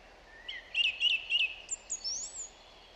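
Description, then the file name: Song thrush song: a rising note, then one crisp phrase repeated three times quickly, followed by high thin notes and a sliding whistle. "Zanglijster Turdus philomelos"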